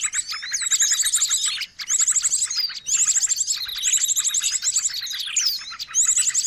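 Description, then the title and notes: Birds: dense bird chatter of sharp chirps and looping whistles, broken by short gaps, with high trilled bursts recurring throughout. Many noisy birds calling together, used as a lure (pikat) for catching birds. "Master Burung Ribut Durasi Panjang. Burung Ribut Pikat"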